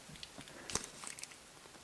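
A vintage Palitoy Action Man figure's plastic head, now held by new elastic, is handled as it is about to be pushed back onto its neck post. Faint plastic handling rustles and small ticks are heard, with brief sharp knocks around 0.7 s, 0.8 s and 1.2 s. Nothing has seated or clicked yet; the head is not yet home on the post.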